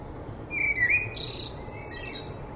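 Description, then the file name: Common blackbird gives a brief fluted warble, followed at once by a loud hissing, high-pitched twitter that fades out. "Turdus merula"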